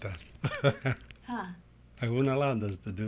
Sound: he laughs

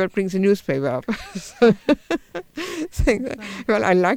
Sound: she laughs

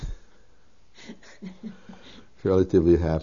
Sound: they laugh

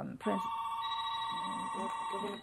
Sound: phone rings

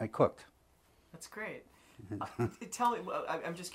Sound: chuckles

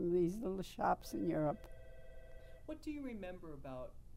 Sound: phone rings

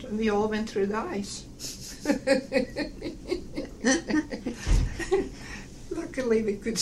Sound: both laugh

